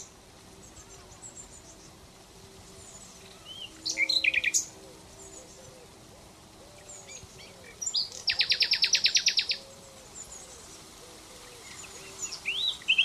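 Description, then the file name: Common Nightingale song, brief scratchy notes and a loud fast rattling trill, with soft low repeated notes beneath. "Luscinia megarhynchos"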